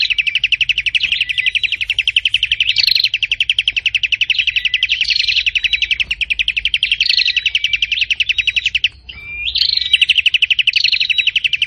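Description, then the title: Prinia song of quick, repeated high chip notes, broken by occasional rising whistles and one short gap. Described as singing very intensely and constantly ('gacor parah'). "Burung Prenjak Gacor Parah"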